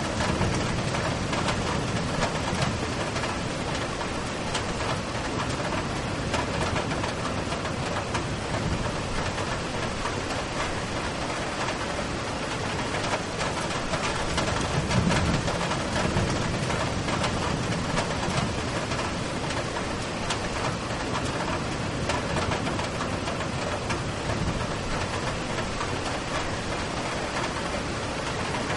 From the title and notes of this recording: Distant Storm Sounds. The distant rumbles of thunder and the gentle patter of rain on distant hills. The soothing sounds of a distant thunderstorm.